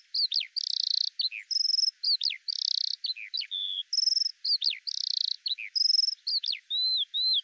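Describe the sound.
Eurasian skylark song, a continuous high run of buzzy blocks, sharp rising and falling slurs and short whistles with barely a pause throughout.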